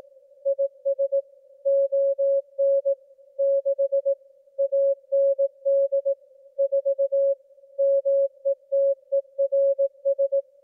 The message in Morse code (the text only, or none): IS ON 6 AND 4 METERS